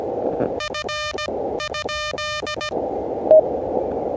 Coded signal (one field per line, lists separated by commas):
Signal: Morse code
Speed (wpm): 17 wpm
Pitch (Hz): 1210 Hz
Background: radio noise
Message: F ?